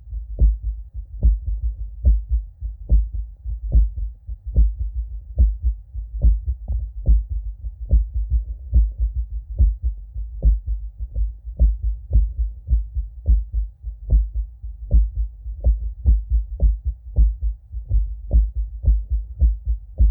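Heart by stethoscope in a man with a history of Q-wave myocardial infarction, heart failure and atrial flutter. Atrial flutter sounds: alongside the heart sounds a second, distant-seeming set of beats is heard, as if two hearts beat at once, one near and one far away.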